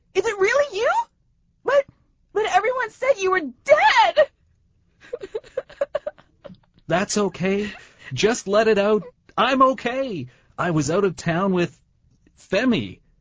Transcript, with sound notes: Is it really you? But...but... everyone said you were dead! [starts crying]
That's OK. Just let it out. I'm OK! I was out of town with...Femi.